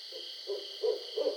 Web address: Barred Owl 2012 07 20 Barred Owl